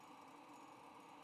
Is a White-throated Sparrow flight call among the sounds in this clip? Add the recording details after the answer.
no. No flight call is heard. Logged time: 09:39 on 20 November 2014